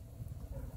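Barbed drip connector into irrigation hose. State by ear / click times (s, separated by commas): not seated / none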